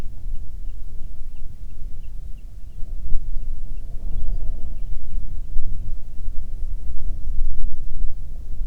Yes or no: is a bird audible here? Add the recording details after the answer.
yes. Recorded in the Prudhoe Bay oil fields, Alaska, on 9 June 2019 at 17:12. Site 21